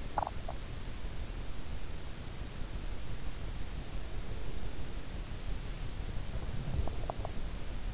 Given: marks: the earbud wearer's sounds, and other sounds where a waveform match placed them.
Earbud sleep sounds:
sounds in sleep by an in-ear microphone; swallowing, teeth grinding
0.00-0.80 s: swallowing
6.46-7.62 s: sound from someone else or the room
6.77-7.62 s: teeth grinding

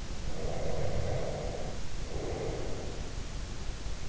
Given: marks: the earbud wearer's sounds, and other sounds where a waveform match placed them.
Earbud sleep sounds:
sounds in sleep by an in-ear microphone; breath
0.23-3.32 s: breath

